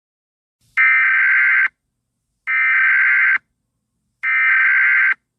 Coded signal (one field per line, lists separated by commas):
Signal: Emergency Alert System (SAME) tones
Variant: header bursts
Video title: Emergency Alert System Scenario: The End of the World